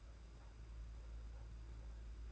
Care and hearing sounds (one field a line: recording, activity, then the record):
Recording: daily activity, microphone in the room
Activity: take from stove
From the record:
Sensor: 2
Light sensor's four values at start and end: 18/58/22/21 and 18/58/22/21